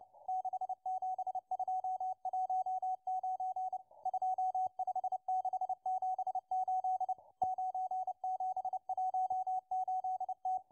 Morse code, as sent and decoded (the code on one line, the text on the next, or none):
-.... --... ..--- .---- ----. / ..--- ..... -.... --... ---.. / ----. --... .---- ---.. -
67219 25678 9718T